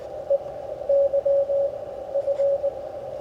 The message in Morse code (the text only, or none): EYF